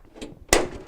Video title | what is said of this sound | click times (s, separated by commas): Jenn-Air Refrigerator Repair - Ice Buildup in the Freezer - Grommet | and pull it down to where it snaps into place and then | 0.5 s